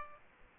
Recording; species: mosquito wingbeat signal from an infrared sensor; Aedes aegypti